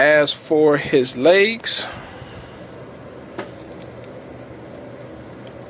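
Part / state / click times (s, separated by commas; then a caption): leg armor piece onto action figure leg / seated / 3.4 s, 5.5 s. Someone talks briefly as leg armor pieces are pushed onto the leg of a die-cast/plastic King Arts Mazinger Z robot action figure, then low steady background hum fills the rest. Short sharp clicks at 3.4 s and 5.5 s mark the tabs snapping in, and the armor locks into place.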